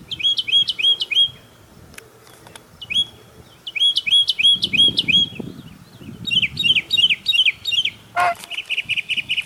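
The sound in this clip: Bird song in loud bursts of sharp, high, repeated notes, several quick series with short pauses, ending in a rapid buzzy trill.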